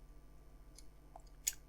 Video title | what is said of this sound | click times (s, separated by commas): Build the Spitfire Mk1a - Part 21 - Installing the Cockpit and Control Column | just lining up the lugs on each side here and here at the front you heard that click in | 1.5 s